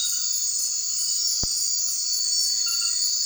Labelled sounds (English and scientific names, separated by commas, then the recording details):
none
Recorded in secondary vegetation near Puerto Asís, Putumayo, Colombia, on 12 March 2025 at 23:30
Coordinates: 0.499, -76.323
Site G094